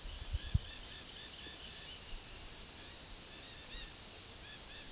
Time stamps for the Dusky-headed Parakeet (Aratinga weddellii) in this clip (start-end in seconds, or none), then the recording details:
0.00-4.92. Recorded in secondary vegetation near Puerto Asís, Putumayo, Colombia, on 21 February 2024 at 10:30. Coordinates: 0.500, -76.326. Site G6428